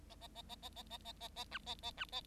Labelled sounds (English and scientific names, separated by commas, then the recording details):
Bengalese Finch (Lonchura striata domestica) song
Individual Bird7